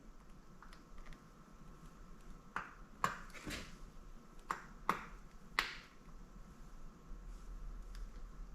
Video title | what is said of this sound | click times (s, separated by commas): Replacing Ignition Coils, Plug Caps, Plug Wires, Spark Plugs, 1700 Yamaha Road Star Silverado -ep 95 | and you should hear it snap on and if you try to pull back up there it should be biting pretty good especially with these new uh plug wires and uh caps | 5.6 s